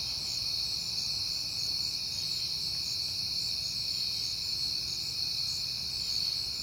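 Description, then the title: Crickets sing a shrill, even chorus of overlapping trills, steady in loudness, with faint low background noise. Crickets at night in September, recorded on a peaceful night. "Night Time: Crickets and Passing Cars"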